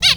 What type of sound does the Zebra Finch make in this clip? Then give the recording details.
distance call. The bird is a male. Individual mal5